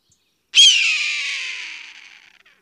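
Hawk giving one loud, harsh scream that starts abruptly, then trails off and fades over about two seconds in otherwise quiet surroundings.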